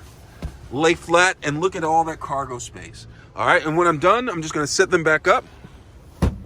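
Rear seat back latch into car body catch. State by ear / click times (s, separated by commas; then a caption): seated / 6.2 s. A Kia Optima rear seat back is raised from its folded-flat position back to upright while someone talks. At 6.2 s a sharp, slam-like hit is heard as the seat back's latch engages the car body catch, and the seat back latches upright.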